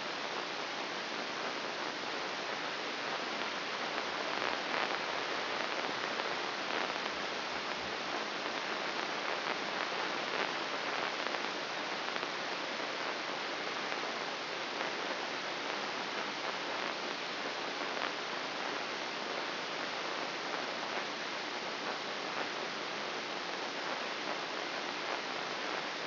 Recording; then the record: brain microelectrode recording played as sound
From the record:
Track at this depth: inside the subthalamic nucleus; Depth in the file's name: 4.51 mm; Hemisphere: left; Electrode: 3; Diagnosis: Parkinson's disease